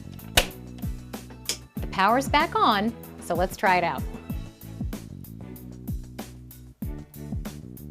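A plastic snap-on cover plate is pressed onto a wall dimmer switch and snaps in place with no screws, giving a sharp, loud snap at 0.4 s. Music plays in the background throughout, with several quieter ticks, and someone talks.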